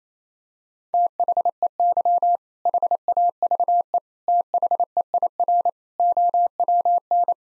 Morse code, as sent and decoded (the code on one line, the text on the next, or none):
- .... . -.-- / .... .- ...- . / - .... . .. .-. / --- .-- -.
THEY HAVE THEIR OWN